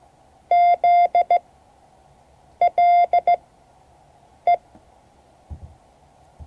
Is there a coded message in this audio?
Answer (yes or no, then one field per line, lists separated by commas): yes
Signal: Morse code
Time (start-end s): 0.5-4.6 s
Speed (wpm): 16 wpm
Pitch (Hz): 690 Hz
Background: none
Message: ZLE